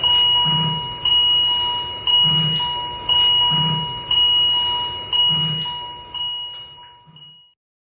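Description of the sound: A steady, high electronic beep repeats about once a second, roughly seven times, over a faint low hum before it fades out. This is the vital signs monitor alarm of a Spanish ICU, which beeps when a patient has an arrhythmia, oxygen drops or breathing stops.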